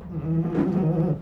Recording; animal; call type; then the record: contact call of a hoofed animal; goat; low-frequency (closed-mouth) or high-frequency (open-mouth) call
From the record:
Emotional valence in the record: positive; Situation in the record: food anticipation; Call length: 1.22 s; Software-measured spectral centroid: 750 Hz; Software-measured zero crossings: 520 a second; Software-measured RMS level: -24 dBFS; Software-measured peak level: -14 dBFS